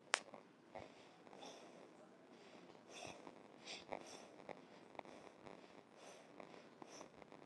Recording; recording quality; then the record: shallow breathing; poor, much background noise or distortion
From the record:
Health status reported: healthy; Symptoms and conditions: none ticked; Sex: female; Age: 43 years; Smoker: not ticked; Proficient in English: yes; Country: India